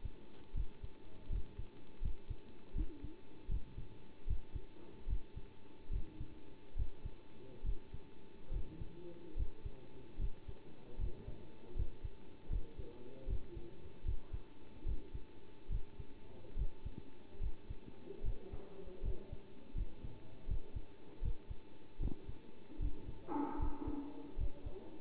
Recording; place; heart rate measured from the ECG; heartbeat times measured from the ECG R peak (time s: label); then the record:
heart sounds by stethoscope; between the tricuspid and mitral areas; 76 bpm
0.54 s: heartbeat
1.29 s: heartbeat
2.02 s: heartbeat
2.75 s: heartbeat
3.48 s: heartbeat
4.27 s: heartbeat
5.07 s: heartbeat
5.90 s: heartbeat
6.76 s: heartbeat
7.64 s: heartbeat
8.51 s: heartbeat
9.36 s: heartbeat
10.18 s: heartbeat
10.98 s: heartbeat
11.76 s: heartbeat
12.50 s: heartbeat
13.27 s: heartbeat
14.05 s: heartbeat
14.85 s: heartbeat
15.69 s: heartbeat
16.56 s: heartbeat
17.40 s: heartbeat
18.23 s: heartbeat
19.02 s: heartbeat
19.75 s: heartbeat
20.47 s: heartbeat
21.22 s: heartbeat
22.00 s: heartbeat
22.79 s: heartbeat
23.59 s: heartbeat
24.37 s: heartbeat
From the record:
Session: bicycle stress test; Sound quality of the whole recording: good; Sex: male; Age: 27 years